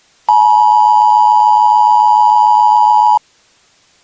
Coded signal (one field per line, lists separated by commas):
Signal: Emergency Alert System (SAME) tones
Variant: 853 and 960 Hz attention tone